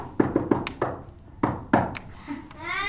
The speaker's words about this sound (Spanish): ¿Cómo tocan la puerta ustedes cuando llegan a su casa? Ajá. Bien, está tocando la puerta. Yo, por ejemplo, toco así.